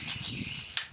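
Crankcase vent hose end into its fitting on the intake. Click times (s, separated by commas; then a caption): 0.8 s. The other end of a plastic crankcase vent (PCV) breather hose on a BMW M52/M54 engine is pushed onto its fitting near the intake during a PCV replacement. Over a steady low background hiss, a single sharp, bright click sounds at 0.8 s as the hose end snaps into place and is seated.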